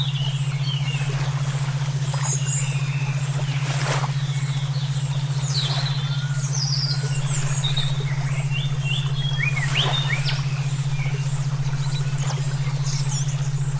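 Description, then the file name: Songbird song, high thin whistles and rapid chirping phrases, scattered throughout above a constant low hum. Brainwave therapy mix for training songbirds (omkicau). "terapi brainwave omkicau"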